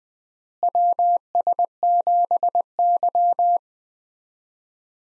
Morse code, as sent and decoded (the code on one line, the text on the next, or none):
.-- ... --... -.--
WS7Y